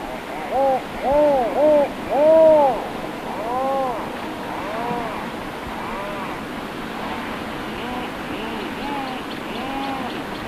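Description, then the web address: Rhinoceros auklet giving a series of arched, harmonic groaning notes, loud for the first three seconds, then softer moans trailing off, over steady background noise. "Songs of Birds of North America. Rhinoceros Auklet"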